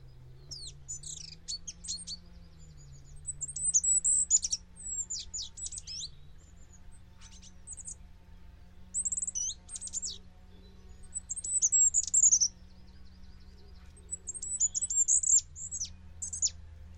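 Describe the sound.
Bird calls: rapid high-pitched chirps and short trills in repeated bursts throughout, over a steady low hum.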